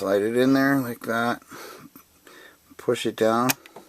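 Someone talks while putting a laptop memory module back into its laptop slot: the notch is lined up, the module is slid in at an angle, and pushing it down begins. Faint handling taps come through at about 2.0, 2.3 and 3.8 seconds between the speech. The module has not seated and the side retaining clips have not snapped over it yet.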